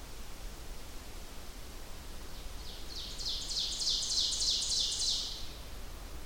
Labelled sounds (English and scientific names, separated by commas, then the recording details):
Ovenbird (Seiurus aurocapilla) song
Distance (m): 40 m
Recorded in boreal forest in Alberta, Canada, on 30 June 2016 at 07:05
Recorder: SongMeter 3, array SBT-6-79
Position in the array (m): 214 m, 19 m
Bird 39